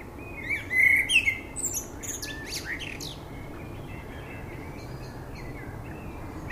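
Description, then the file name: Common blackbird giving one short song phrase, a few fluted notes then a thin high twitter, followed by several seconds of quiet background hiss. "Turdus merula"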